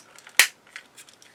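A plastic part of a die-cast and plastic Optimus Prime model kit is pressed into its mount on the model body without glue. A single loud, sharp snap lands at 0.4 s, followed by a few faint small ticks. The part snaps into place and is seated.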